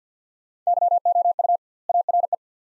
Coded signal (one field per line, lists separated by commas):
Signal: Morse code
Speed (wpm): 49 wpm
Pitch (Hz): 700 Hz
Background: none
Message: YOU ARE